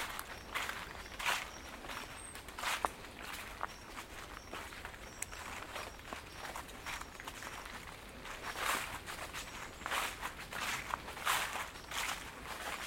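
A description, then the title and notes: An amble through woodland, with a steady run of crunchy footsteps roughly every half second to second. Faint high bird calls flicker in the background, and a quiet outdoor hush fills the low end throughout. A short 30minute amble through Woodwell in Silverdale. Recorded using binaural headphones.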